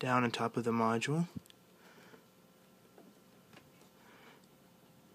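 A memory module, with its notch lined up with the motherboard DIMM slot, is set down into the slot before being pushed home. Someone talks for the first second or so, followed by quiet handling with faint ticks and a small sharp tap around 3.6 s. Nothing has seated or clicked yet.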